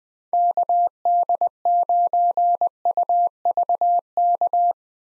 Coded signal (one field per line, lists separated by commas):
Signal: Morse code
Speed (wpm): 20 wpm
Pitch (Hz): 700 Hz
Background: none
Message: KD9UVK